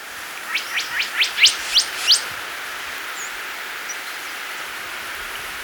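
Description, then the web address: Tit-like dacnis calling with a quick series of several high, sharply rising chirps, then stopping, leaving faint background hiss. Recorded in Ecuador. "Natures Songs S America Birds of Ecuador. Tit-Like Dacnis"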